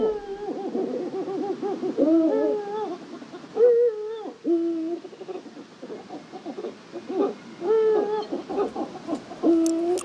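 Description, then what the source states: Eurasian eagle-owl at the nest, a busy series of short calls, some bending up or down in pitch, separated by brief pauses. Eagle-owl nest in Maastricht, at night; excitement in the nest.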